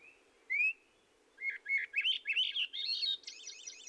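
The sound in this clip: Swainson's thrush song: a clear whistled note, then a quick series of fluty phrases climbing in pitch and ending in buzzy, rolling spirals, over a low steady hiss.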